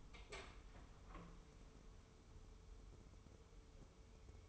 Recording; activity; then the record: daily activity, microphone in the room; open door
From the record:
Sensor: 1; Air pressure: 1015.2 hPa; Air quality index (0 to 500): 110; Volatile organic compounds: 3 ppm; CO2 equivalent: 1490 ppm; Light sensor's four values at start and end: 14/33/14/15 and 14/33/14/15